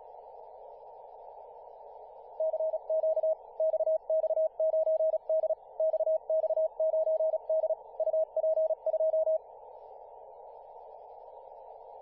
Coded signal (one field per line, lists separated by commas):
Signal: Morse code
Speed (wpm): 36 wpm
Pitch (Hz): 640 Hz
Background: radio noise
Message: CQ XX9D XX9D UP2